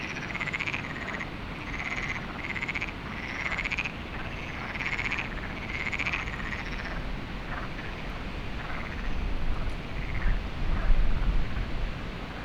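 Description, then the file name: Frogs calling in a chorus, short rasping pulsed notes repeated many times, with steady low wind rumble throughout. Frogs recorded at Lagoa do Canário with wind, binaural recording. "Lagoado Canario frogs"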